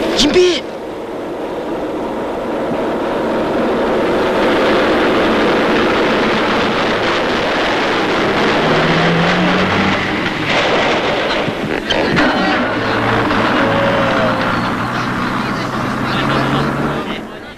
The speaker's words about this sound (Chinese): 敌人的军车开到了离侦察连战士隐蔽位置的不远处，停了下来。